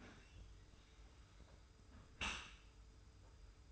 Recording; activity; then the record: daily activity, microphone in the room; close dishwasher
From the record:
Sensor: 2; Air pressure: 991.3 hPa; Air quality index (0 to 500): 142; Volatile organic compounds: 275 ppm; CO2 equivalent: 4423 ppm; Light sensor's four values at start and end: 40/114/45/43 and 40/114/45/43